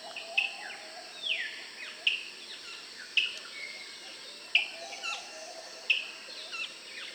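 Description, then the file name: Graceful honeyeater giving sharp, high notes every one to two seconds, with softer downslurred notes between and a steady high insect hiss. "Meli Grac"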